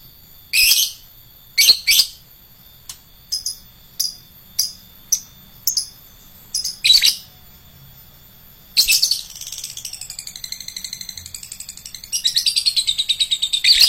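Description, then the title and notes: Lovebird giving sharp chirps, then a run of quick clicking notes, ending in a long rapid buzzy chatter with wavering high tones. Adult fighter lovebird. "#4. LOVEBIRD FIGTER. Lovebird Dewasa"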